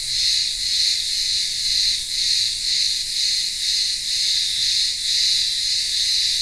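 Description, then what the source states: Cicada chorus, a loud shrill drone pulsing roughly twice per second with no other clear sounds. Cicadas singing in the midday heat in a village town square on the remote Greek island of Ikaria.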